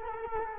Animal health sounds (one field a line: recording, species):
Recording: mosquito wingbeat signal from an infrared sensor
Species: Culex quinquefasciatus